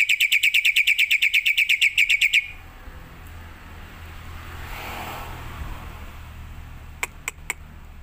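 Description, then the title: Black-winged myna giving a fast, even trill of repeated notes for over two seconds, then steady background hiss with a few clicks. Energetic, chatty song with fast fill phrases, used as a lure and tutor recording for birds that are lazy to sing. "Burung Jalak Putih Gacor Full Isian Cepat Untuk PANCINGAN Dan MASTERAN. Pancingan Untuk Burung Malas bunyi"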